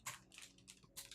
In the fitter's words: once you hear two clicks you know that you have it in properly